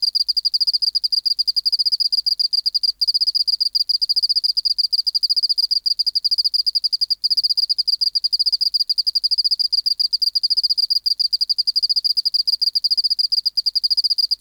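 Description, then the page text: Oceanic field cricket song: sustained shrill pulsing, fast and steady, with a couple of momentary breaks. Recorded in the BMNH Acoustic Laboratory, 19 March 1984, 11:15 local time, at 24 °C and 30% humidity, still air, dim light. "412:14 Teleogryllus oceanicus (514r2). BioAcoustica. Natural History Museum Sound Archive. Recording Location: BMNH Acoustic Laboratory Recorded by: W. J. Reynolds Date Recorded: Mandag, marts 19, 1984 Local time: 1115"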